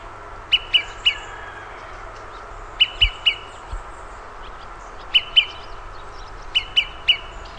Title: LuckyPassaro Completos2Sama. Olive-sided Flycatcher (Contopus cooperi)